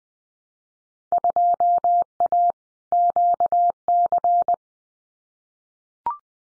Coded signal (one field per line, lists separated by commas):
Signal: Morse code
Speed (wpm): 19 wpm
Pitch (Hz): 700 Hz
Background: none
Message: 2A QC